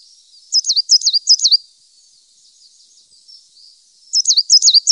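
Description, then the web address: Coal tit giving two runs of high, rhythmic two-note phrases, a quiet stretch with soft twittering between them. "Faglar Sound Svartmes"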